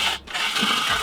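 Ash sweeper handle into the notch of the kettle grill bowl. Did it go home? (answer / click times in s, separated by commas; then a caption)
no / none. The metal handle of a replacement Weber One-Touch cleaning system ash sweeper (part 7444) is handled at the notch in a kettle grill bowl, producing a brief scraping, rubbing sound with a quieter dip around 0.2 seconds. The handle has not yet been slid through and turned to lock; nothing has seated or clicked yet.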